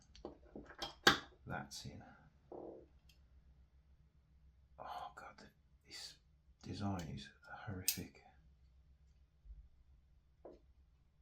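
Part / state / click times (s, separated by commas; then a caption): hop-up/barrel assembly into airsoft replica receiver / not seated / none. A hop-up and barrel assembly is being worked back into the receiver of an airsoft gas blowback replica, with short handling clicks and taps between bursts of someone talking. The part has not seated or clicked into place yet.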